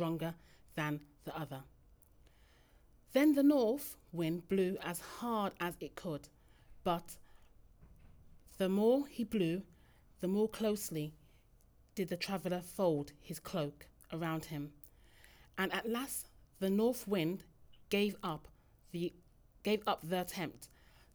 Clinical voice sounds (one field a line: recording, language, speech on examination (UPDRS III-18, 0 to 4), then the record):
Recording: text read into a phone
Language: English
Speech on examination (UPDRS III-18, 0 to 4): 0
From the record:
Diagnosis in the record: healthy control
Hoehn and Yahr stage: 0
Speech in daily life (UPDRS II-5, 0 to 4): 0